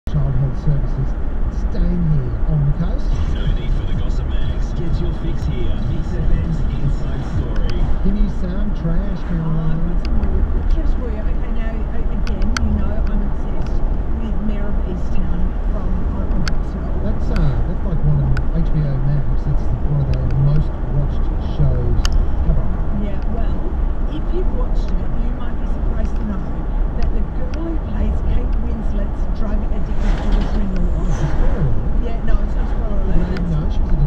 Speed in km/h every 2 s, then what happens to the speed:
78, 78, 78, 79, 80, 81, 81, 82, 82, 82, 81, 80, 78, 78, 78, 78, 78.
0-34 steady at about 79.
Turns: none.